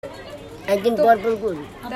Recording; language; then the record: elicited speech; Bengali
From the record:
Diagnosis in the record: Broca's or global aphasia after a stroke